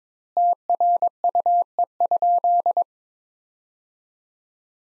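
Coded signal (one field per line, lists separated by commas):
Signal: Morse code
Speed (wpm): 22 wpm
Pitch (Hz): 700 Hz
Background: none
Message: TRUE?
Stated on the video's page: Morse sentence practice from the top 400 words at 22 wpm with 3x standard word spacing, a word-level analogue of Farnsworth spacing.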